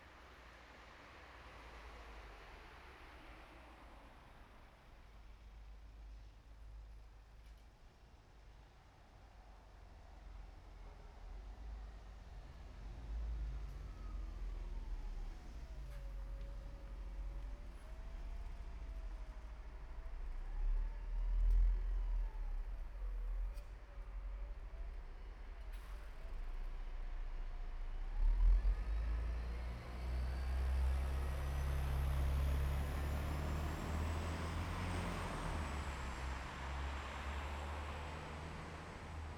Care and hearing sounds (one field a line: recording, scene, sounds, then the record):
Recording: everyday scene through a hearing-aid microphone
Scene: in traffic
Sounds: traffic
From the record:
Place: bus stop on a city main road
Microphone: behind the ear, right, front